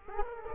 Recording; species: mosquito wingbeat signal from an infrared sensor; Culex quinquefasciatus